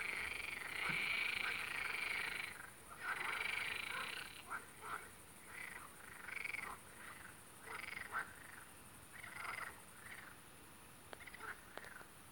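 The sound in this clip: Frogs calling in repeated croaking pulses against a steady high hiss.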